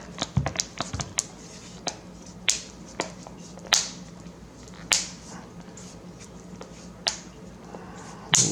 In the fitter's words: Snap it into place here. Go.